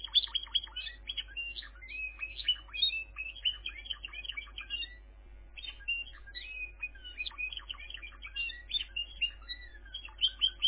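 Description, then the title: Canary song pouring out as continuous rapid chirps and trills in changing tempos, with a short lull midway and a steady low electrical hum beneath. "kenarijos"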